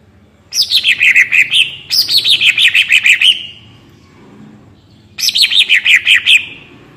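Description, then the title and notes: Greater green leafbird song: three bursts of rapid, sharp notes sweeping down into a fast chattering run, each burst lasting about one to one and a half seconds. Actively singing in the ngentrok style with crest raised; recording used to train captive birds. "Cucak Ijo Gacor Ngentrok Jambul Nembak. suara burung cucak ijo gacor, merdu cocok buat masteran burung cucak ijo"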